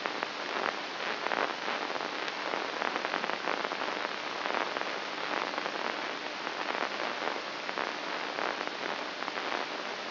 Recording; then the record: brain microelectrode recording played as sound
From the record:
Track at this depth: outside the subthalamic nucleus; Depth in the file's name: 2.844 mm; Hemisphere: left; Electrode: 2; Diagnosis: Parkinson's disease